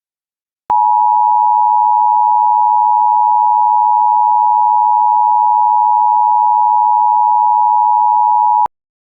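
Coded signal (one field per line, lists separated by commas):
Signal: Emergency Alert System (SAME) tones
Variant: 853 and 960 Hz attention tone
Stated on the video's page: Statewide Georgia AMBER Alert (Levi's Call) child abduction emergency, interrupting regular programming.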